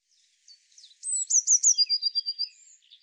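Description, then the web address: Eurasian blue tit call: high thin notes, then a quick series of short sharp notes running into a steady high trill. "cianscape birddata Deverinetal 2025 File cleaned normalized Bird Cy Ca"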